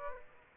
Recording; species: mosquito wingbeat signal from an infrared sensor; Aedes aegypti